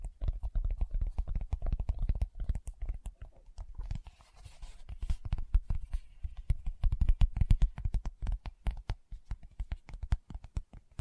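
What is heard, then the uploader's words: Fingertips tap rapidly and irregularly, producing dense clusters of soft, dull knocks with a strong low thump. The tapping runs throughout, thinning briefly around four to five seconds where a faint hiss shows through, then picks up again in quick bursts. ASMR Tapping with Fingertips (No Talking).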